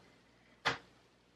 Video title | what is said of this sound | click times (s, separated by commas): HP ENVY x360 15-U473CL Screen Glass Digitizer Replacement 15.6 inch How To | your gonna see this clicking sounds that means the tabs are being unhooked from each other's sides as you can hear now and then | 0.7 s